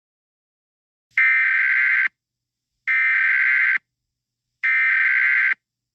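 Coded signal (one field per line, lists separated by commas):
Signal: Emergency Alert System (SAME) tones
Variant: header bursts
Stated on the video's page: Fictional EAS scenario; tones are part of a made-up alert, not a real broadcast.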